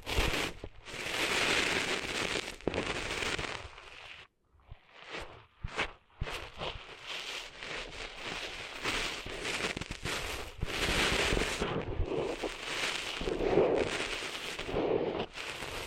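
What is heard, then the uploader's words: Cleaning sand out of ears, heard as dense, gritty crackling and rustling that rises and falls in long waves. Near five seconds the sound drops almost to silence, broken by a few sharp clicks, then the scratchy scraping returns, with brief pauses and taps throughout. ASMR Cleaning Sand Out of Your Ears (No Talking).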